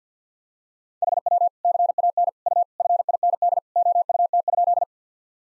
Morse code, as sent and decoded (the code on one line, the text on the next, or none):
.... .-- / -.-. .- -. / ..- / ..-. .. -. -.. / --- ..- - ..--..
HW CAN U FIND OUT?